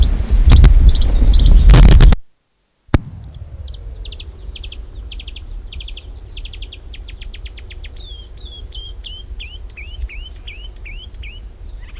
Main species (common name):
Marsh Warbler